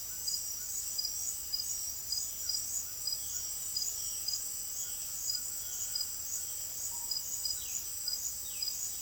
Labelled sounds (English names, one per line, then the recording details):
Violaceous Jay
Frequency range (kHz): Violaceous Jay 1.9-4.2 kHz
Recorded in secondary vegetation near Puerto Asís, Putumayo, Colombia, on 23 June 2025 at 18:00
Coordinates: 0.500, -76.326
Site GP08